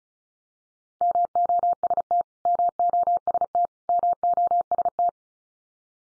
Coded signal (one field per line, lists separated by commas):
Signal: Morse code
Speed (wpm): 34 wpm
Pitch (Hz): 700 Hz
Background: none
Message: MOST MOST MOST